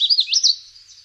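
Common yellowthroat song fragment: a single high, warbled phrase of rising and falling notes, fading quickly into quiet.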